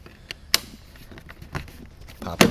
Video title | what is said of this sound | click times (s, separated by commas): How To Tint All Windows On a 2017 Mazda 3 Sedan | then to put this plastic back in, it's simply just pop straight on, pull the handle away, pop | 0.5 s, 2.4 s